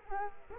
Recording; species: mosquito wingbeat signal from an infrared sensor; Culex quinquefasciatus